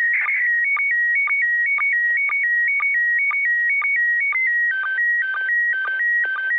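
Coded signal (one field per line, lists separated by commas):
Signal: SSTV (slow-scan television)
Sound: warbling tone hopping between two high pitches, with short low chirps twice a second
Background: faint radio hiss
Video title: Réception d'une image SSTV de l'ISS avec un Baofeng UV-5R le 01/12.2021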